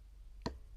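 A plastic piece of the Havoc Throne action-figure accessory is pressed into its mating socket in the throne base during assembly. A single sharp click sounds at 0.5 s against a quiet background, and the piece is seated in place.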